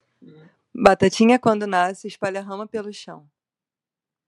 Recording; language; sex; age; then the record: short text; Brazilian Portuguese; female; 30 to 39 years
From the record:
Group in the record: control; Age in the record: 32 years